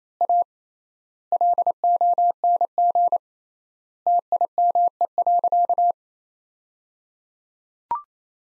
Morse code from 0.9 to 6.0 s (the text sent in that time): LONG TIME.